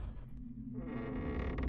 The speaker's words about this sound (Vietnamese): Tiếng kẽo kẹt của cánh cửa gỗ vang lên như thách thức lòng gan dạ của Hận.